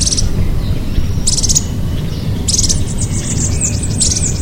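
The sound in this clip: Bird calls as high chirping bursts, three separated groups, the last a fast run of repeated notes, with constant low-pitched background rumble.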